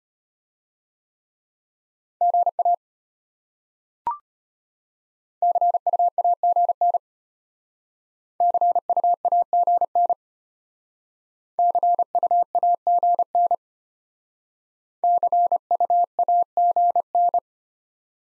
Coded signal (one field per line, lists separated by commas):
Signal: Morse code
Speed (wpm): 34 wpm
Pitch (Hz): 700 Hz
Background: none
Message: GA CUAGN CUAGN CUAGN CUAGN